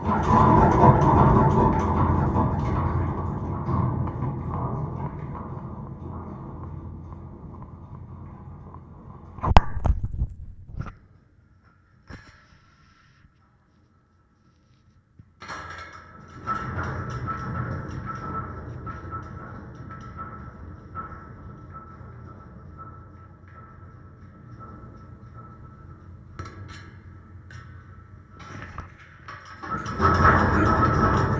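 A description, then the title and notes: A contact mic on a gate picks up a dense, low rumbling vibration with a few sharp metallic knocks around ten seconds. It drops to near silence for several seconds, then the rumbling returns, steadier and a little brighter, swelling again at the end. Contact mic on gate. Scahller Oyster pickup with Zoom H5.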